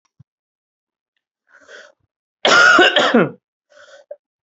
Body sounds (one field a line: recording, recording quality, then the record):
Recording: heavy voluntary cough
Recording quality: excellent, no background noise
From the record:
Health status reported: healthy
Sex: male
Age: 34 years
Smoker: yes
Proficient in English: yes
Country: India